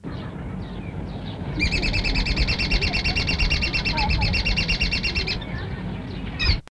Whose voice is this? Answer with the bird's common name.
Red-footed Falcon